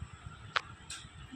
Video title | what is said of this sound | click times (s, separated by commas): amazon tripod- deal price 709 rs- unboxing super deal- | lock అయిపోయింది చూడండి, move అవ్వదు అనమాట. | 0.9 s